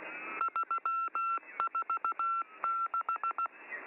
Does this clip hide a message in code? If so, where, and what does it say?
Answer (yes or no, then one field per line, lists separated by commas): yes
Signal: Morse code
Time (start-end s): 0.4-3.5 s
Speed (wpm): 16 wpm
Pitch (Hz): 1350 Hz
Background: none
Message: 346